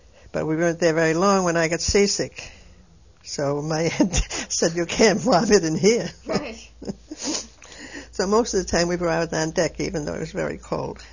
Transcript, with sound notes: but we weren't there very long when I got seasick so my aunt said, "You can't vomit in here." (She laughs.) So most of the time we were out on deck even though it was very cold.